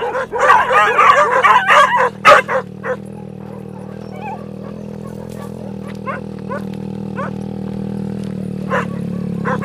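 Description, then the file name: Dogs barking, a burst of overlapping yaps for two seconds, then scattered single barks over a steady low hum. Several dogs on Spetses, heard while the recordist walked through them. "Walking Through Dogs Spetses"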